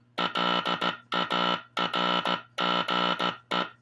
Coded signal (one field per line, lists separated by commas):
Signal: Morse code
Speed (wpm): 15 wpm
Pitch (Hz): 1320 Hz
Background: music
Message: LARGE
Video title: Morse Code Breaker - Teleplex Machine And Oscillator Sound.